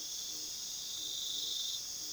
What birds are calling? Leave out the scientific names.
none